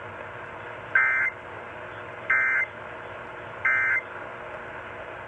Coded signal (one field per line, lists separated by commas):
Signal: Emergency Alert System (SAME) tones